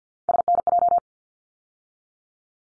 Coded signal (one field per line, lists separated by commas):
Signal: Morse code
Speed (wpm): 50 wpm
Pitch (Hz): 700 Hz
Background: none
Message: SNJ